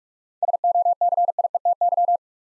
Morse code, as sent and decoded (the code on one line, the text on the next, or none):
... --- -.-. .. . - -.--
SOCIETY